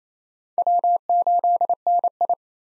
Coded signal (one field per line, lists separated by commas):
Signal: Morse code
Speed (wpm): 28 wpm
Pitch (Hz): 700 Hz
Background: none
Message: W8NI